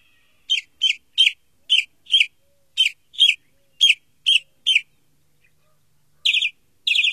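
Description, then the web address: Northern mockingbird song: a bright chirped note repeated about ten times at roughly even intervals, a short pause, then two harsher buzzy phrases. "Songs of Birds of North America Stokes. Northern Mockingbird"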